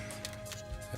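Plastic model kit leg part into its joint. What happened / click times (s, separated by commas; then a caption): The plastic joint popped into place / 0.2 s. A plastic lower-leg joint on a Mega Size RX-78-2 model kit is pressed together by hand, giving a single sharp pop at 0.3 s over steady background music. The joint is seated right in, and the leg's rotation and knee bend work.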